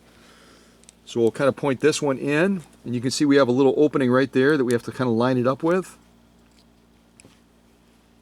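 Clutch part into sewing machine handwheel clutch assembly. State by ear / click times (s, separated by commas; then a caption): not seated / none. A clutch part is pointed inward and lined up with a small opening in the handwheel clutch assembly of a 1930 Singer 101-4 sewing machine. Someone talks while handling it, with faint small handling taps near 0.8 s and 7.2 s. Nothing has seated or clicked yet.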